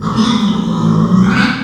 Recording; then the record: squeal of a Yucatan mini pig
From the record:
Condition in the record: after surgery on the right vocal fold (resection and tissue-engineered implant); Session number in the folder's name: 14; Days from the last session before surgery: 133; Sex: female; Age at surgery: 19 weeks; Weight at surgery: 25 kg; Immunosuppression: prednisolone